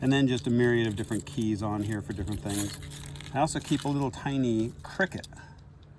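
Someone talks while handling a keychain full of keys, which jangle, and starts opening the folding blade of a small keychain knife toward its locking pivot. The blade has not yet locked open; nothing has clicked into place by the end of the clip.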